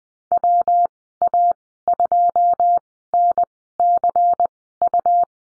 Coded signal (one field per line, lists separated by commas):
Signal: Morse code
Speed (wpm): 20 wpm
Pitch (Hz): 700 Hz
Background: none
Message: WA2NCU